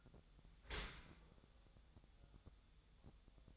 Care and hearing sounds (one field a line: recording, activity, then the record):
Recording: daily activity, microphone in the room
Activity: open dishwasher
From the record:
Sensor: 3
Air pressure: 1004.7 hPa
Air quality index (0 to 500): 100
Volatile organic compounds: 4 ppm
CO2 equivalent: 1559 ppm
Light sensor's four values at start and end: 7/17/7/7 and 7/17/7/7